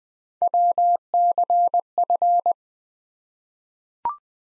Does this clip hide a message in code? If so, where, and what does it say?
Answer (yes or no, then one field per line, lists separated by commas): yes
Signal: Morse code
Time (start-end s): 0.4-2.5 s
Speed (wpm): 20 wpm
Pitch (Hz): 700 Hz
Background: none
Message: WCF